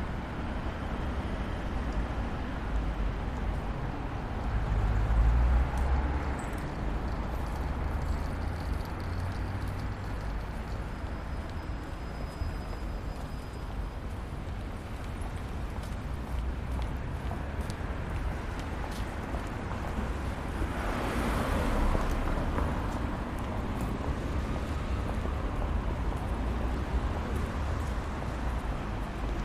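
A busy street in central London hums with steady traffic, a dense low rumble of engines that never lets up. A heavy vehicle rolls past around five seconds, and another brighter swell of passing traffic rises near twenty-one seconds before settling back.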